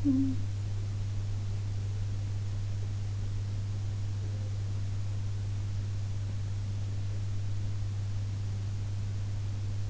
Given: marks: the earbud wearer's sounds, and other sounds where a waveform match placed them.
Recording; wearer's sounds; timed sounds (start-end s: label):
sounds in sleep by an in-ear microphone; talking in sleep
0.00-0.54 s: talking in sleep